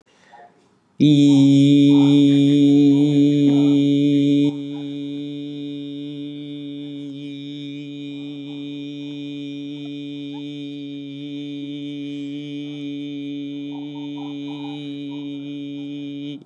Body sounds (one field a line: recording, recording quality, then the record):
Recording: sustained vowel as in beet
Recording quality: excellent, no background noise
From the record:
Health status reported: COVID-19 positive, mild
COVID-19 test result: positive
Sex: male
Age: 24 years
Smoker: no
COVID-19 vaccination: both doses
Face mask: not worn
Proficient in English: yes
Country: India